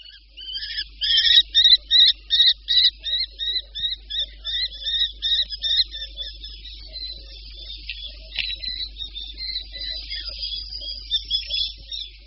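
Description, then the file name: Common kestrel giving a long series of sharp, high kee-kee-kee notes, several per second, becoming more ragged toward the end, over low hum. "Poštolka-obecná"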